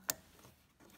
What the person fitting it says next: you hear it click once